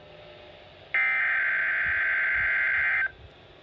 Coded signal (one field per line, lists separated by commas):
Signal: Emergency Alert System (SAME) tones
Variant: header bursts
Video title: EAS Alerts and Weather Footage from Slight Risk Day! (EAS #11-14)